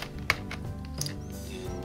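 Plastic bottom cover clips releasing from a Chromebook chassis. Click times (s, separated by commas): 0.3 s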